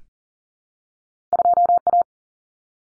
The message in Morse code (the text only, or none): 2A